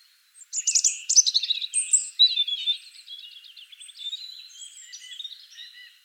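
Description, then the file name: European robin song: a loud burst of high twittering notes and thin whistles, then softer rambling warbles trailing off over several seconds. "Erithacus rubecula"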